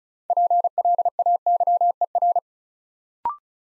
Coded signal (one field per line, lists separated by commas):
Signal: Morse code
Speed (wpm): 36 wpm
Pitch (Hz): 700 Hz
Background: none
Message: PLAYER